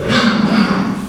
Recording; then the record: squeal of a Yucatan mini pig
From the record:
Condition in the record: after surgery on the right vocal fold (resection and tissue-engineered implant); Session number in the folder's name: 16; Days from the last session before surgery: 183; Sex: female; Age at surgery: 19 weeks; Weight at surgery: 25 kg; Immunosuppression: prednisolone